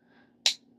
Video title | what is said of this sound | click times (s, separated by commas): Opening Hot Wheels McLaren - Porsche - Mercedes-Benz Diorama 2025 | snap into place here at the full forward position. | 0.5 s